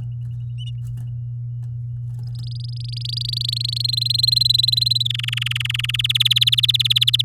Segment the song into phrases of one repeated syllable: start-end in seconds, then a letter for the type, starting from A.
2.35-3.82 A, 3.84-5.03 B, 5.05-5.96 C, 5.99-7.22 D